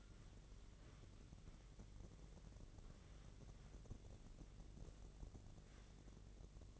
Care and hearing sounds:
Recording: daily activity, microphone in the room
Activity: wipe stove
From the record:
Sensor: 4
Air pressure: 1013.2 hPa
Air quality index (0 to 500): 179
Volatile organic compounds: 2 ppm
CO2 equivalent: 1128 ppm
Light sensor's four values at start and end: 96/240/99/105 and 95/240/99/105

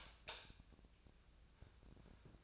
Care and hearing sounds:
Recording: daily activity, microphone in the room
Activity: light off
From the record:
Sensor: 2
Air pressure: 999.9 hPa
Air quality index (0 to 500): 119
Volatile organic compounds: 2 ppm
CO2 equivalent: 1025 ppm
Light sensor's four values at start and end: 32/80/34/38 and 28/71/30/34

